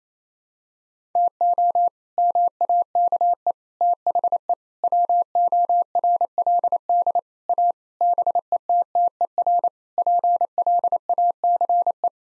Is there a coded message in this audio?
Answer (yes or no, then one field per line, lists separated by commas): yes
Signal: Morse code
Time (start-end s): 1.2-12.1 s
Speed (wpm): 28 wpm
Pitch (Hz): 700 Hz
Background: none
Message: TO MAKE THE WORLD A BETTER PLACE